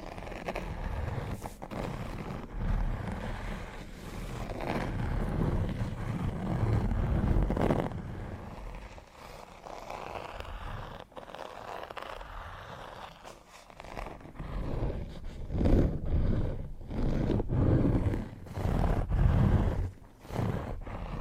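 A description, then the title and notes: Rough scratching and rubbing on textured leather, with sharp tapping clicks from fingers scattered throughout. The grainy rasp is dense and full, heavy in the low end, swelling in louder bursts around 7 seconds and again between 15 and 20 seconds. TimASMR-Needle Fingers & Textured Leather Scratching (NO TALKING).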